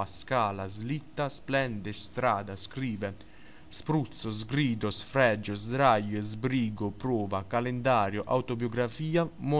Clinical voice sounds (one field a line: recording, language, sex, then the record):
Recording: read list of words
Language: Italian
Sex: male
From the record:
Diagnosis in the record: healthy control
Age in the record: 19 years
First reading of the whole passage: 43 s, 12.0 characters per second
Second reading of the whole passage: 41 s, 12.5 characters per second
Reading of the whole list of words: 37 s, 7.7 characters per second